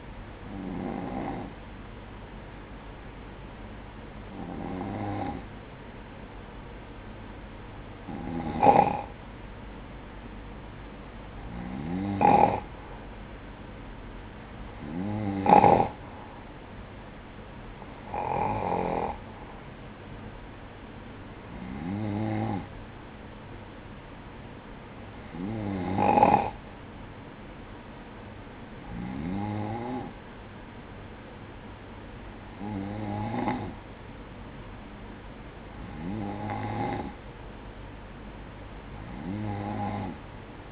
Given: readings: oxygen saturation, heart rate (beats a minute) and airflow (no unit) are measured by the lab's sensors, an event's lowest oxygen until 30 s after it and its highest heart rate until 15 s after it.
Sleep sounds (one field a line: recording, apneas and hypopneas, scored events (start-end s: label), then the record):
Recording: breathing in sleep by a voice recorder at the bedside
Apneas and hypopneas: none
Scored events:
none scored
From the record:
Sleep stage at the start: N2 (light sleep)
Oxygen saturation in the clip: 94 to 96%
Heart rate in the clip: 55 to 59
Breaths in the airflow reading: 11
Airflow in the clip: -6.7 to 3.9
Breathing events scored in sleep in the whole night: 180 in 6.7 hours asleep